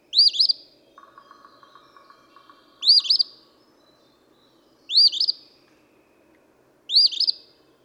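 Eastern phoebe repeating its scratchy two-part song four times, roughly every two seconds, with a faint wavering tone and low background hum.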